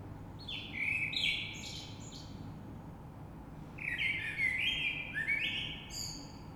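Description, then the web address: Common blackbird song: two rich warbling phrases with high twittered endings, separated by a short pause. Recorded 3 March 2020. "oiseaux Rush Merle 3-3-2020"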